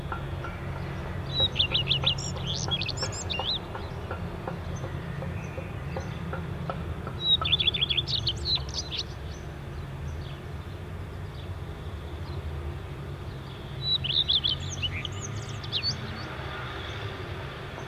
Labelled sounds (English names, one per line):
Common Redstart song